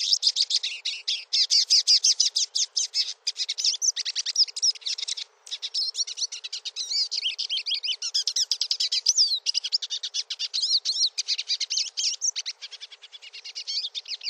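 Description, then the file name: Finch song, a long, fast run of bright twittering notes continuing through the whole stretch with only brief pauses. "canto do pintassilgo"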